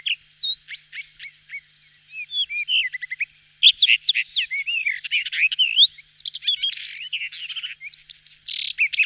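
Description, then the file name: Rufous-tailed rock thrush song, a long flowing medley of clear whistles, slurred rising and falling notes and quick chatters, nearly unbroken with brief pauses. "Drozd pestryy kamennyy"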